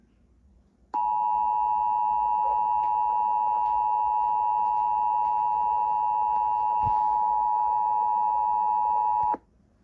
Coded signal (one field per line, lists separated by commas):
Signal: Emergency Alert System (SAME) tones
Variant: 853 and 960 Hz attention tone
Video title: Eas Scenario Stan.exe Part 1 #1